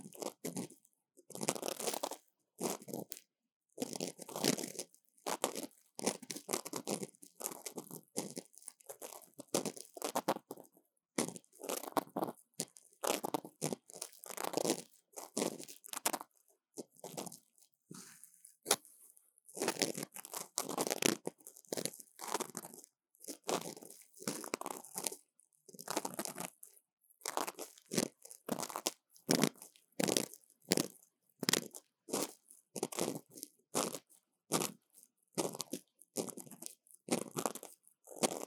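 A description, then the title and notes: Ear cleaning sounds: dense, scratchy crackles and rustles come in rapid bursts throughout, separated by brief silent gaps. The scraping is bright and textured, like crumpling or crunching, with short pauses scattered irregularly across the whole stretch and no other sounds behind it. ASMR 3Dio 耳掃除 귀 청소 | Ear Cleaning | No Talking.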